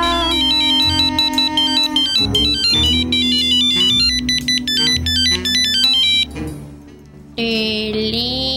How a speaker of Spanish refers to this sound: Teléfono.